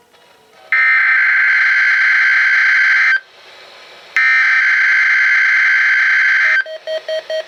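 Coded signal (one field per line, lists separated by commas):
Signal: Emergency Alert System (SAME) tones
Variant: header bursts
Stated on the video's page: Real required monthly and weekly test captures received off air from FM radio and TV stations.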